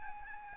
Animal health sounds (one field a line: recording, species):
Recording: mosquito wingbeat signal from an infrared sensor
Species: Aedes albopictus